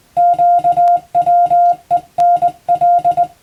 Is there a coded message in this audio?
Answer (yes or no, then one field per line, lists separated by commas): yes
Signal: Morse code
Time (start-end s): 0.2-3.2 s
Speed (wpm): 20 wpm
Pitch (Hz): 700 Hz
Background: music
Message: QWENL